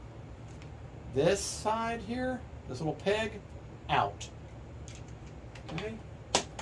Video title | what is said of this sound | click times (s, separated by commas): Freewing Banshee Assembly | you'll click in and click drive in now | 6.4 s